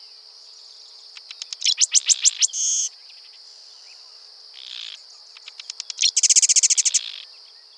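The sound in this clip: Sedge wren song: spaced dry chips speeding into a rapid staccato chatter, given twice, the first ending in a short buzz, over a steady high insect drone.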